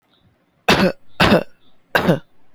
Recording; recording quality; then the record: shallow voluntary cough; excellent, no background noise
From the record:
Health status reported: exposed to COVID-19, no respiratory illness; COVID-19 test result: not tested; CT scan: not taken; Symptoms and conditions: none ticked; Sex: male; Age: 22 years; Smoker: no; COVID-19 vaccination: none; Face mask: not worn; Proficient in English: yes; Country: India